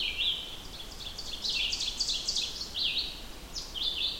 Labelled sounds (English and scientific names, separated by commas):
Ovenbird (Seiurus aurocapilla) song